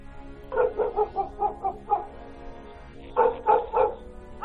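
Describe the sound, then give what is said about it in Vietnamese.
A dog barks loudly from inside a house in the hills at a stranger arriving, in quick, rhythmic volleys: a run of about seven sharp barks, a short pause, then another burst of three or four. The barks are mid-pitched, with no talking. “Nghe có tiếng người lạ tới, trong nhà vọng ra tiếng chó sủa, vang cả núi đồi, làm tôi giật cả mình.”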